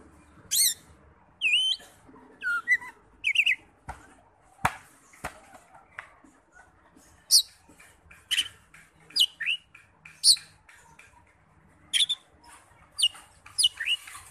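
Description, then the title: Oriental magpie-robin: songbird giving scattered sharp chips, squeaky notes and short whistles, irregular and spaced out over the whole stretch. "Kacer"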